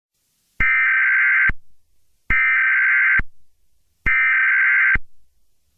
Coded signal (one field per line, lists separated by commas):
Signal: Emergency Alert System (SAME) tones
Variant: header bursts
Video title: EAS Scenario: Nibiru